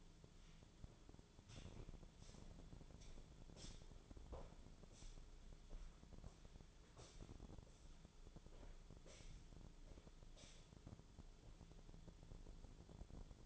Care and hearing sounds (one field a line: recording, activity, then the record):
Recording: daily activity, microphone in the room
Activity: walk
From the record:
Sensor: 5